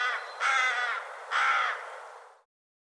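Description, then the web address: Bird calling with two rasping, drawn-out caws, the sound trailing off after the second. "cianscape birddata"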